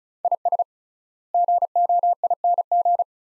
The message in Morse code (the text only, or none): IS GOING